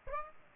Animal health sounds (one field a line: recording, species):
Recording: mosquito wingbeat signal from an infrared sensor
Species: Aedes aegypti